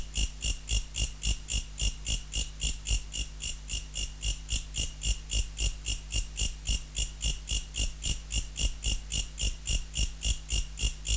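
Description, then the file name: Mecopoda katydid song: rapid, regular pulsed buzzy chirps, high-pitched with a lower band, repeating about four times a second without pause, with a steady low hum beneath. Recorded in November. "Mecopoda sp Nov"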